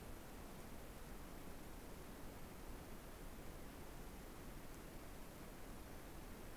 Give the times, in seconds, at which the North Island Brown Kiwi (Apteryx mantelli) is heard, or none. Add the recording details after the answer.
none. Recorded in New Zealand on 24 November 2015. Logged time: 04:12. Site DD67